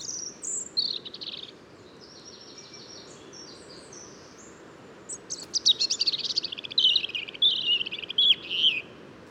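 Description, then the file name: European robin singing a phrase of high whistles and thin trills, a pause, then a longer, fast, sparkling warble. "Erithacus rubecula"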